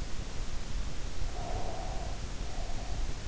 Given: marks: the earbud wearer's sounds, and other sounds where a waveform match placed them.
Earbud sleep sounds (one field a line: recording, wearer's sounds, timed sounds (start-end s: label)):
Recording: sounds in sleep by an in-ear microphone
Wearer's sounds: breath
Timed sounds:
1.24-3.19 s: breath